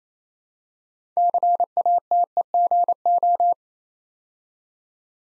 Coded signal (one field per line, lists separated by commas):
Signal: Morse code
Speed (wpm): 27 wpm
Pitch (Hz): 700 Hz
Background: none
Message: CATEGO